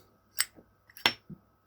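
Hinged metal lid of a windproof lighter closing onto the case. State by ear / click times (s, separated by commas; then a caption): not seated / none. The hinged metal lid of a Zippo windproof lighter is closed onto its case twice, giving sharp metallic knocks near 0.4 s and 1.1 s with softer taps in between. The lid only slides shut without its usual click, a fault not caused by the insert, so nothing has clicked.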